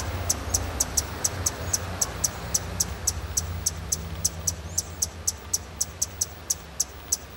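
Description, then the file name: Hummingbird giving thin, very high ticking chips, repeated rapidly and steadily throughout, over a low rumbling background. Song recorded with a Canon T2i. "CANTO DO BEIJA FLOR"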